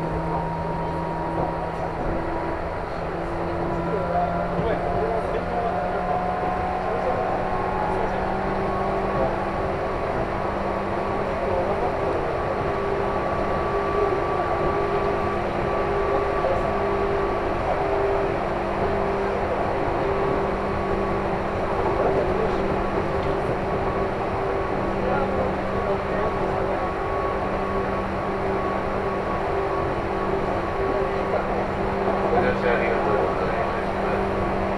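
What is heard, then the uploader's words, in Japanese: Aboard a local train on the Chuo East Line, a steady low drone with a few held humming tones fills the whole stretch, as if the train is idling. Loudness barely changes, and faint voices murmur underneath. 中央東線普通 大月→高尾。四方津駅で特急の通過待ちで9分停車します。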